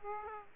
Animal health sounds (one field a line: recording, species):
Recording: mosquito wingbeat signal from an infrared sensor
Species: Aedes aegypti